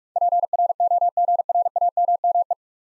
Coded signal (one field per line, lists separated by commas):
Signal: Morse code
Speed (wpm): 44 wpm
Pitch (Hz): 700 Hz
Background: none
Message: PROGRAMME